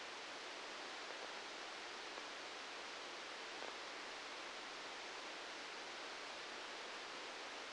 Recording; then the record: brain microelectrode recording played as sound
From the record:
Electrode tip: outside the subthalamic nucleus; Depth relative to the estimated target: -6 mm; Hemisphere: left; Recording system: NeuroSet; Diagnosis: Parkinson's disease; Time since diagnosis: 15 years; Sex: male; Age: 65 years